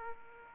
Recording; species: mosquito wingbeat signal from an infrared sensor; Aedes aegypti